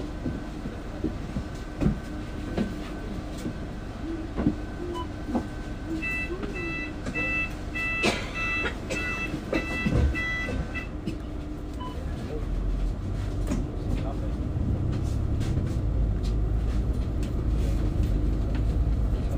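A metro ride, with a steady low rumble of the train running under everything. From about 6 to 11 seconds a bright, evenly spaced beeping chimes repeatedly, like a door warning. Clicks and knocks come and go, and the rumble grows heavier in the last seconds.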